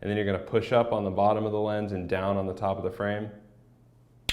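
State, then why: Seated. A replacement sunglass lens is fitted into an Oakley Half Wire 2.0 half-wire frame, pushed up from the bottom while the top of the frame is pressed down. Someone talks through most of the clip, then after a quiet stretch a sharp pop is heard at 4.3 s as the lens snaps into the frame groove and seats securely.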